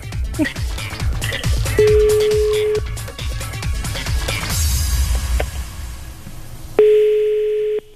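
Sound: telephone busy signal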